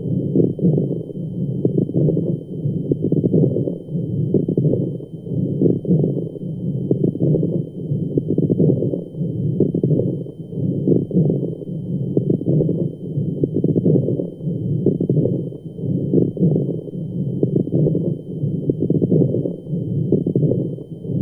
Breath Sounds. Pulmonary Edema.